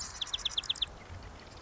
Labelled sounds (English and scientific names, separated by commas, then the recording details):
Marsh Wren (Cistothorus palustris)
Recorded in Sonoma County, California